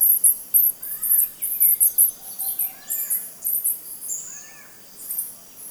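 Black jacobin calls: shrill, high-pitched chips in fast runs, with a pause before a last burst, over soft, lower whistled notes.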